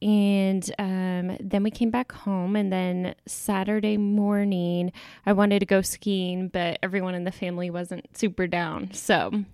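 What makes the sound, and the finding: Adult woman speaking. Normal speech.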